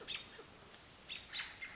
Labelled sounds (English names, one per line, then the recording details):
American Robin
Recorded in Sonoma County, California